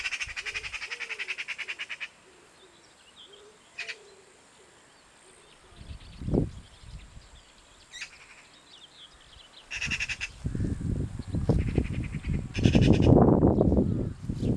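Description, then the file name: Eurasian magpie rattling in a long harsh chatter for two seconds, then short scattered bursts, while heavy low rumbling noise builds toward the end. "Pica pica"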